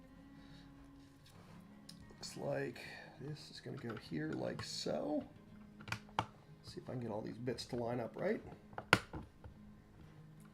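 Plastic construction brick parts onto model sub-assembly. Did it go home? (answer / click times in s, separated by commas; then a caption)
yes / 8.9 s. Plastic construction brick parts are lined up and pressed onto a model sub-assembly while someone talks, with small handling taps throughout. One sharp click at 8.9 s marks a part seating home.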